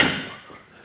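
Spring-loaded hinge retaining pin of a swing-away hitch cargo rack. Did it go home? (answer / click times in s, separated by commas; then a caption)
yes / 0.0 s. On a hitch-mounted Yakima EXO swing-away storage system with an enclosed cargo carrier, the system is folded up and the spring-loaded hinge retaining pin slides back into place. A single sharp metallic click at 0.0 s decays quickly over the rest of the brief clip. The pin seats with a click into place.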